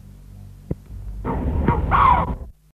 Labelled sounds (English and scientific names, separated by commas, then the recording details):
Bateleur (Terathopius ecaudatus) call
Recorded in captivity
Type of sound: call
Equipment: Halbspur, 9,5 cm/s
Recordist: Lütgens, Hans
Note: Alarm